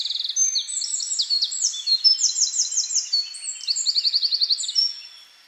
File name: Troglodytes troglodytes